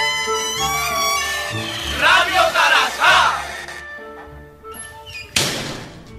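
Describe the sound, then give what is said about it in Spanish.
A bar door swings open, letting in a swell of crowd chatter over steady background music, followed by a sharp thud as the door bangs near the end. “Se abre la puerta del local.”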